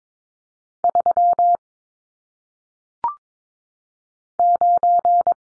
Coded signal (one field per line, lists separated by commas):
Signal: Morse code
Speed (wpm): 22 wpm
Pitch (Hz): 700 Hz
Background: none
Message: 3 9